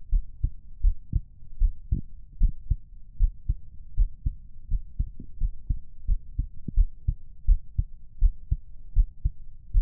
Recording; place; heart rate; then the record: heart sounds by stethoscope; pulmonary valve (PV); 83 bpm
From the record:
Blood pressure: 128/74 mmHg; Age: 29 years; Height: 163 cm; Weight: 55 kg